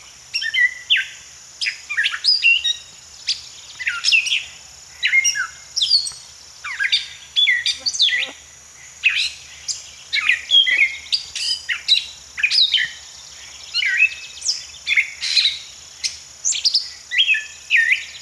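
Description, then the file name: Gray catbird in continuous song, many short jumbled phrases of squeaks, chips and slurred notes following each other closely, with a steady shrill drone behind. "Gray Catbird - Dumetella carolinensis"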